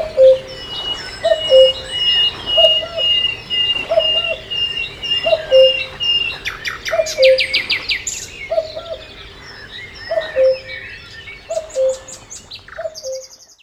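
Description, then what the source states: Common cuckoo giving a long series of falling two-note cuckoo calls roughly every 1.3 seconds, while other songbirds whistle and trill throughout. At a lake.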